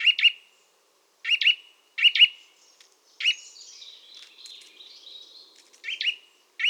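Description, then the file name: Eurasian nuthatch calls: loud, emphatic two-note chirps repeated at short intervals, pausing for a stretch while softer warbling fills the gap. "Sitta europaea"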